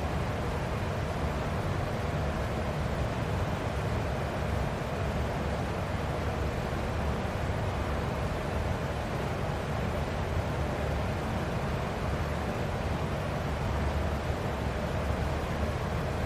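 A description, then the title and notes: A fan runs with a steady, dense whoosh that never changes in level across the whole stretch. The sound is weighted low, with a deep rumbling drone underneath and a softer hiss above. Nothing else breaks the constant wash. Fan White Noise.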